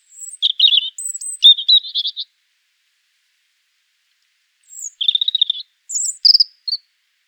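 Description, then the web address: European Robin song in two bursts of high, trilling and warbling notes with very high thin whistles, separated by a pause of about two and a half seconds. "erithacus rubecula call"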